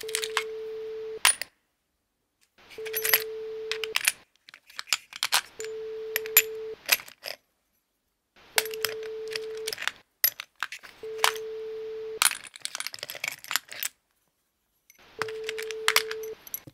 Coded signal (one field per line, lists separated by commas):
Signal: none